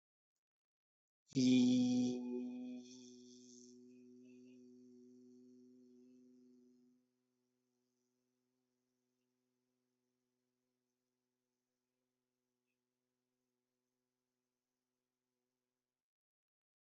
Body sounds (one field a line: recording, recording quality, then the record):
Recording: sustained vowel as in beet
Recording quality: excellent, no background noise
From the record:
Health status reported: healthy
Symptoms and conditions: none ticked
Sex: male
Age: 37 years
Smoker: not ticked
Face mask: not worn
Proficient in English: yes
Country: India